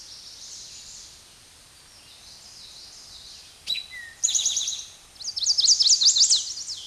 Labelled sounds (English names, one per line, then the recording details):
Eastern Towhee song
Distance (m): 5 m
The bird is about 5 m above the microphone
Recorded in a Pennsylvania forest on 16 May 2024 at 06:13
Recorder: AudioMoth, point MSD-0627
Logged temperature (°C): 14.8 °C
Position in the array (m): 108 m, 6 m